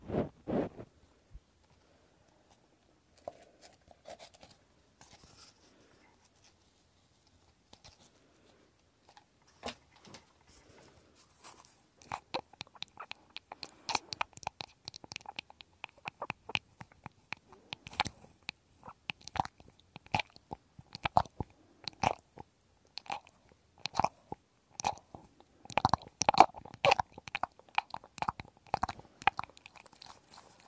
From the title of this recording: penetrating ear cleaning